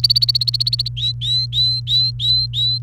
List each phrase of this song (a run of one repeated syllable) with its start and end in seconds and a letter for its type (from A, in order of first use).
0.03-0.88 A, 0.97-2.78 B